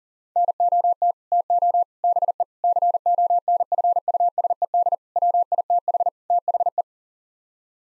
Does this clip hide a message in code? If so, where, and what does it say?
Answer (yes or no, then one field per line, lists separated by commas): yes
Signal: Morse code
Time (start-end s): 0.4-6.8 s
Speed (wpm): 40 wpm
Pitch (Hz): 700 Hz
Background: none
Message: NOT TO BE CONFUSED WITH THE